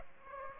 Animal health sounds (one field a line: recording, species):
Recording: mosquito wingbeat signal from an infrared sensor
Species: Aedes aegypti